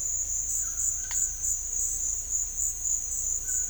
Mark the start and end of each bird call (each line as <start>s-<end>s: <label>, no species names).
0.59s-1.34s: bird call